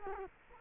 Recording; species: mosquito wingbeat signal from an infrared sensor; Culex quinquefasciatus